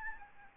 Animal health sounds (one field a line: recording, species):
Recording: mosquito wingbeat signal from an infrared sensor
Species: Aedes albopictus